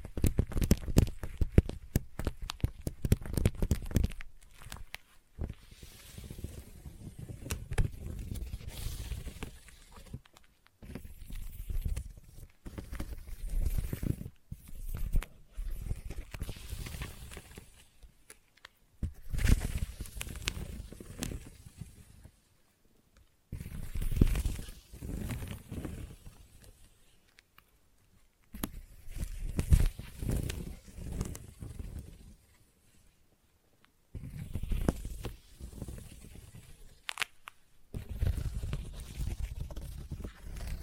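Sticky tapping and tacky, peeling trigger sounds come in dense bursts of quick clicks and crackles, low and full with bright edges. The bursts last a few seconds each, broken by short silent gaps around 5, 11, 20, 27 and 34 seconds.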